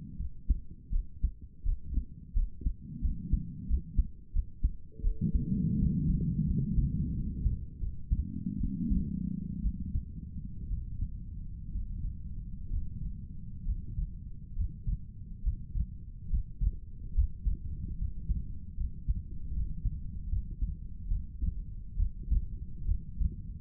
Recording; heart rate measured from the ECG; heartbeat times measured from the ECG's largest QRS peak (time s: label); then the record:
heart sounds by stethoscope; 74 bpm
0.18 s: heartbeat
0.91 s: heartbeat
1.64 s: heartbeat
2.34 s: heartbeat
3.02 s: heartbeat
3.68 s: heartbeat
4.33 s: heartbeat
5.02 s: heartbeat
5.77 s: heartbeat
6.46 s: heartbeat
7.13 s: heartbeat
7.80 s: heartbeat
8.59 s: heartbeat
9.62 s: heartbeat
10.69 s: heartbeat
11.72 s: heartbeat
12.70 s: heartbeat
13.65 s: heartbeat
14.55 s: heartbeat
15.43 s: heartbeat
16.29 s: heartbeat
17.14 s: heartbeat
17.97 s: heartbeat
18.76 s: heartbeat
19.53 s: heartbeat
20.29 s: heartbeat
21.08 s: heartbeat
21.97 s: heartbeat
22.86 s: heartbeat
From the record:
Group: healthy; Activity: rest 0-6 s, Valsalva maneuver 6-24 s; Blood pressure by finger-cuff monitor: 87/57 mmHg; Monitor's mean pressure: 68 mmHg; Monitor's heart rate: 76 bpm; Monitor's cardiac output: 5.4 L/min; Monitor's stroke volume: 78 mL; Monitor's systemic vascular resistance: 840 dyn s/cm5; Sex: female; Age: 22 years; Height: 163 cm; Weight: 67.1 kg